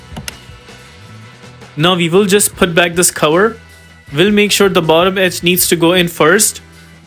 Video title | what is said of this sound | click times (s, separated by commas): DIY 2015-2017 Hyundai Sonata Tail Light Replacement - How To Replace Hyundai Sonata Tail Lights | now we go ahead and punch in the plug until we hear a clicking sound | 0.3 s